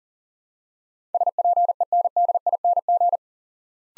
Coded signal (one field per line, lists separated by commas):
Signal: Morse code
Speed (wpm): 37 wpm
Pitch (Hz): 700 Hz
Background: none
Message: SPENDING